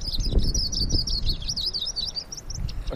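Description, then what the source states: Yellow-rumped Warbler with a quick, high twittering series of chirps lasting a few seconds, over a low rumbling background. A couple flying around overhead after a call was played to them.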